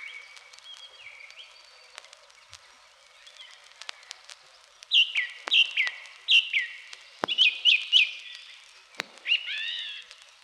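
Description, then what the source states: Song thrush song: clear, downslurred whistled phrases, each repeated a few times in quick succession, with sharp clicks in the background. Unhurried, sonorous phrases heard everywhere in the spring forest, delivered from the top of a tall spruce.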